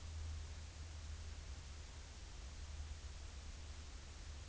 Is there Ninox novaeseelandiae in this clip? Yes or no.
no